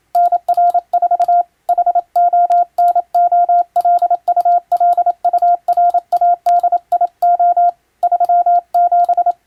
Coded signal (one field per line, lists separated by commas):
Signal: Morse code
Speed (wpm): 27 wpm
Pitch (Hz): 700 Hz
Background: none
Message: NR4 HONOLULURADIO 37